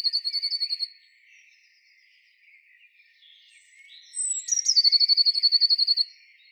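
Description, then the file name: Eurasian blue tit giving fast, high, thin trilled calls, a short series, a quiet gap with faint soft notes, then a longer rapid trill. "Cyanistes caeruleus"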